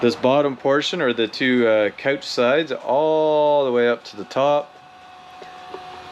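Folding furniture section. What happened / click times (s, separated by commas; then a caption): The folding section is being raised but has not locked yet / none. In a 2018 Jayco Octane Super Lite 273 travel trailer, the bottom couch-side section of a fold-up convertible bunk is being lifted toward its upper locked position while someone talks. After about 4.6 seconds the talking stops, leaving a quiet, steady low hum. Nothing has clicked or locked into place yet.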